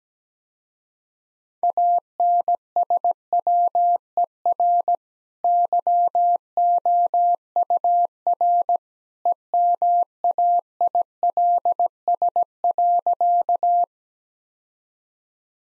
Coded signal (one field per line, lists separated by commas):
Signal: Morse code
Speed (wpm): 17 wpm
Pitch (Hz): 700 Hz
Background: none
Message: ANSWER YOUR EMAILS.